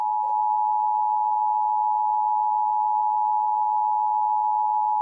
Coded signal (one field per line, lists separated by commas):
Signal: Emergency Alert System (SAME) tones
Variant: 853 and 960 Hz attention tone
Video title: Release the EVIL | EAS Scenario